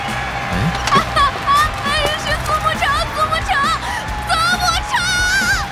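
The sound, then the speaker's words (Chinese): An audience at a high-jump match welcomes player Su Mucheng of the Jiashi team with applause and a steady roar of crowd noise, while high, wavering cheers and whoops rise and fall over it for several seconds. “下面，我们有请来自嘉士战队，大家都很熟悉也很喜欢的苏沐橙，大家掌声欢迎苏沐橙。”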